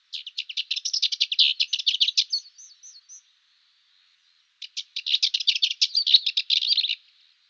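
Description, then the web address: Cyprus warbler with two bursts of harsh, quick chattering song, the first ending in a few thin higher notes before a pause. "Schulze Peter Cyprus Warbler song"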